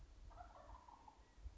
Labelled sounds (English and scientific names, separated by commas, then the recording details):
Wild Turkey (Meleagris gallopavo)
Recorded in Sonoma County, California